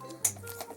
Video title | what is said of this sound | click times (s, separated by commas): JUST TRANSFORM IT!: MP-56 Masterpiece Trailbreaker | Want To Get on Up Under This bit right here and just pull that up it will snap into place | 0.2 s